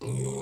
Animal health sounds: pig call; weaner (32 to 43 days)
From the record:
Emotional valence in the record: negative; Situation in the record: novel object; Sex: female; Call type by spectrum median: low-frequency call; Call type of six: low-frequency stable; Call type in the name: low-frequency stable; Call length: 0.42 s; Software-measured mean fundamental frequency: 64 Hz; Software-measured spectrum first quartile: 208 Hz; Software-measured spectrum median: 529 Hz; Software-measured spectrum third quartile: 5563 Hz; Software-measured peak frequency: 407 Hz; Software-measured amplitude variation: 82 dB a second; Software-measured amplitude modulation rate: 24.9 a second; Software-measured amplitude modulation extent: 3.3 dB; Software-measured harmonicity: 11.6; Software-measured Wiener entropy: -5.04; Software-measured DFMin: 1010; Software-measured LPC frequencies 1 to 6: 349, 878, 2285, 3446, 5662, 6837 Hz

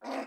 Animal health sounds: pig call; piglet (1 to 25 days)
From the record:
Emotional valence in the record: negative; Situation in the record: restrain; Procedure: in the arms of a person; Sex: female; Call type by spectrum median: low-frequency call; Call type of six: low-frequency stable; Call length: 0.27 s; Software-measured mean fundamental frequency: 64 Hz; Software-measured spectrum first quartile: 450 Hz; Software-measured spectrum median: 716 Hz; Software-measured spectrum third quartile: 1360 Hz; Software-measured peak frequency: 677 Hz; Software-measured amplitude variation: 129 dB a second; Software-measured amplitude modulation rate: 16.6 a second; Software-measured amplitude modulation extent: 7.7 dB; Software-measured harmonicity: 0.2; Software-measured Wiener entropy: -0.68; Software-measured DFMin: 1212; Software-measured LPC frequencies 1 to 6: 645, 2026, 2521, 3786, 4612, 5141 Hz

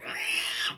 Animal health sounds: pig call; piglet (1 to 25 days)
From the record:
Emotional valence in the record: negative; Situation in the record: restrain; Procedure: sham castration, cut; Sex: male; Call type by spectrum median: high-frequency call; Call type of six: high-frequency stable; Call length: 0.78 s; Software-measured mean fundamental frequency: 358 Hz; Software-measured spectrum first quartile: 2315 Hz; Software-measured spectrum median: 2916 Hz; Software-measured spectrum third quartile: 4578 Hz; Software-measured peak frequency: 2636 Hz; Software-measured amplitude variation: 116 dB a second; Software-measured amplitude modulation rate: 21.3 a second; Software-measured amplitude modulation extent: 5.5 dB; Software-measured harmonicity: 2.3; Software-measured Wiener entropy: -2.01

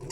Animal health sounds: pig call; weaner (32 to 43 days)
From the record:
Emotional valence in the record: negative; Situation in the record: long isolation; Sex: female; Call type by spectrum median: low-frequency call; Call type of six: high-frequency modulated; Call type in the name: high-frequency modulated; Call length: 0.12 s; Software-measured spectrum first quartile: 279 Hz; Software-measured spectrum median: 1278 Hz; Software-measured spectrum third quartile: 5841 Hz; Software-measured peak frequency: 139 Hz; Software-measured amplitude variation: 100 dB a second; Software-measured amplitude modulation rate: 16.2 a second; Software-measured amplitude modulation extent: 6.1 dB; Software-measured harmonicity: 1.3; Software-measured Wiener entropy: -4.19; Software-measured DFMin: 806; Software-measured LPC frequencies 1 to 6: 330, 942, 2019, 2769, 3931, 4709 Hz

